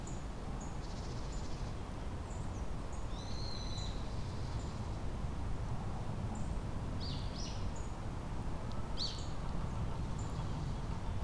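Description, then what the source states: High, thin tit calls, some short and sharp and one drawn-out note, scattered throughout above a continuous low rumble. Recorded 10 February 2024 at Kotori no Mori.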